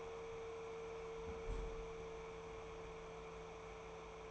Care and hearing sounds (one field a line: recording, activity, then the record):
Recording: daily activity, microphone in the room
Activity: close fridge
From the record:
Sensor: 1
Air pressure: 1015.0 hPa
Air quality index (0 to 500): 193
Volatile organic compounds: 22 ppm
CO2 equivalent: 2739 ppm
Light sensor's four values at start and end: 31/77/33/40 and 31/77/33/39